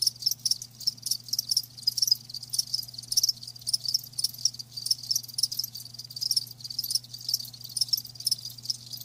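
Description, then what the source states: Crickets producing rapid, overlapping high chirps in a steady shimmering chorus, with a faint low hum. Live crickets chirping, presented as a lulling sleep sound.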